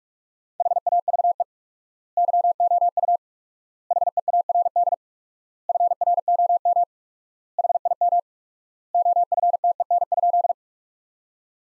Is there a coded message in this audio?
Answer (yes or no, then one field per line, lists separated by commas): yes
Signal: Morse code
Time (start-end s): 0.6-10.5 s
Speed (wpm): 41 wpm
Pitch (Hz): 700 Hz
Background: none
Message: HAVE YOU HEARD FROM HIM OFTEN?